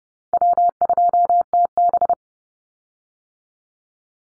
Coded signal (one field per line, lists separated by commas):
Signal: Morse code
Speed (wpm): 30 wpm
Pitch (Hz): 700 Hz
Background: none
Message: W2TB